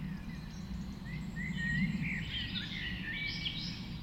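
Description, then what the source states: Birds chorusing, rising and falling whistled phrases and short trills layered together, over a strong low droning hum. Dawn chorus recorded just after dawn in the Forest of Dean.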